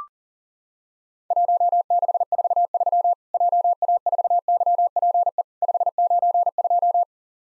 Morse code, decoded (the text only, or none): 1643 JA4YPE 592